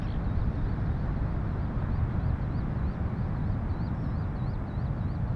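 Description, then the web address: Eurasian skylark song as a fast, wavering high warble repeated without pause, set against a loud, steady low roar of breaking waves. More than one skylark, north of Bude, Cornwall, with distant thundering surf. "skylarks and distant thundering surf north of bude cornwall"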